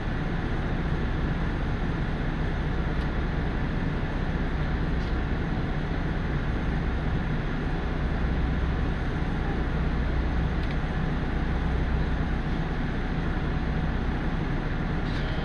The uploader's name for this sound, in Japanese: 樽見鉄道 モレラ岐阜→樽見